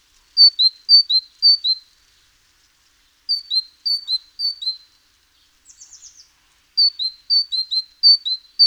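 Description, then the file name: Great tit delivering bursts of paired high-low whistled notes, separated by short silences, with a brief buzzy rattle between phrases. "Parus major"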